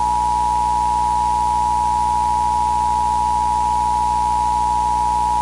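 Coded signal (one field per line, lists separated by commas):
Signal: Emergency Alert System (SAME) tones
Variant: 853 and 960 Hz attention tone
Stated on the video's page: Custom-made test EAS alarm created with FakeYou, VoiceChanger.io and Movavi.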